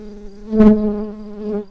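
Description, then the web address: Tree bumblebee buzzing, a steady low hum with rich harmonics that swells briefly louder early on, then holds and fades away at the end. Worker bees. "Hypnorum workers"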